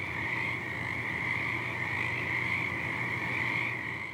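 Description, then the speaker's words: Frogs calling in a dense, steady chorus, continuous throughout. Many frog species, including green tree frogs, calling at night in February, heard from a car with the windows down. "That's not just green tree frog singing. That's a whole bunch of different frogs singing."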